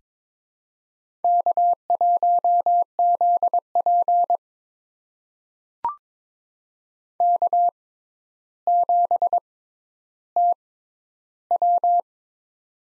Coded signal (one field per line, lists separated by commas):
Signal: Morse code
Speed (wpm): 22 wpm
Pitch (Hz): 700 Hz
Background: none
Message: K1ZP K7TW